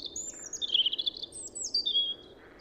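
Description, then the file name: European robin song of thin, high whistled notes and liquid warbling that falls in pitch, repeated in two quick linked phrases with steady low noise behind. "Erithacus rubecula"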